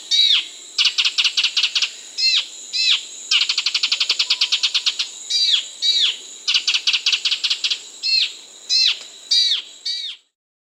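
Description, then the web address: Half-collared Gnatwren giving rapid ticking rattles mixed with bright, downward-slurred chirps, delivered in uneven bursts for about ten seconds, a steady high whine running throughout. South America, Andes. "Natures Songs S America Andean Birds. Half-Collared Gnatwren (Microbates Cinereiventris)"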